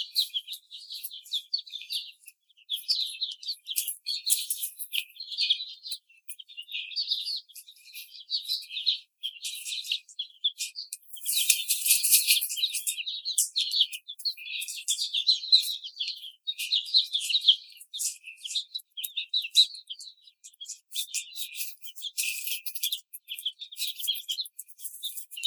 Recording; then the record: young laying hens in a cage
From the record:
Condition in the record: treatment cage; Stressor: simulated dog barking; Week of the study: 5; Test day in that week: 1